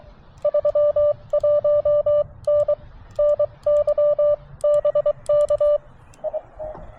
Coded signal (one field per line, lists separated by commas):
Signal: Morse code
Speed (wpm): 24 wpm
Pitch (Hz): 590 Hz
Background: none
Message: 31N NY BK I